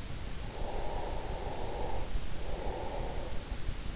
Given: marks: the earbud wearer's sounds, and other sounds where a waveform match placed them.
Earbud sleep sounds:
sounds in sleep by an in-ear microphone; breath
0.01-3.72 s: breath

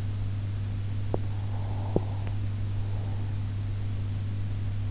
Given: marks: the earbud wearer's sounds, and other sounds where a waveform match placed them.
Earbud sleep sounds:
sounds in sleep by an in-ear microphone; teeth grinding, breath
0.97-1.31 s: teeth grinding
1.31-3.48 s: breath
1.87-2.44 s: teeth grinding

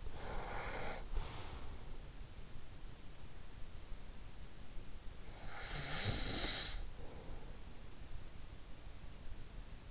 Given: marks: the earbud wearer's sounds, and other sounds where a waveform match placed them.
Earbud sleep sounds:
sounds in sleep by an in-ear microphone; breath, snoring breath
0.00-2.44 s: breath
5.57-7.72 s: snoring breath

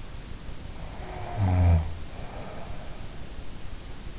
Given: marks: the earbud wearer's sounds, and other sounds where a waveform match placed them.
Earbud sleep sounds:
sounds in sleep by an in-ear microphone; snoring breath
0.99-3.73 s: snoring breath

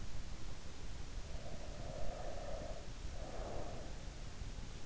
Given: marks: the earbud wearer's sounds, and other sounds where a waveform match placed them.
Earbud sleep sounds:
sounds in sleep by an in-ear microphone; breath
1.31-3.77 s: breath

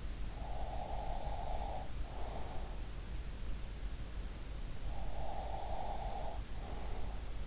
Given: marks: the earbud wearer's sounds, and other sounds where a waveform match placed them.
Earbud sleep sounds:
sounds in sleep by an in-ear microphone; breath
0.10-2.82 s: breath
4.59-7.47 s: breath

